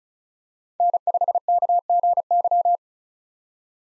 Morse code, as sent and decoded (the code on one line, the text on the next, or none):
-. ..... -.- --. -.--
N5KGY